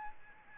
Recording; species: mosquito wingbeat signal from an infrared sensor; Aedes albopictus